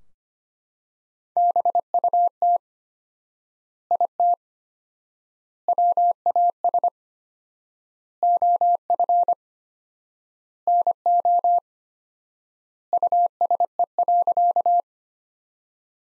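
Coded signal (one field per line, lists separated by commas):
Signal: Morse code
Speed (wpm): 25 wpm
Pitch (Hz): 700 Hz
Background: none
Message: BUT IT WAS OF NO USE.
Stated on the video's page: Morse practice sentences from the top 100 words at 25 wpm, sent with 4x standard word spacing, a Farnsworth-like method.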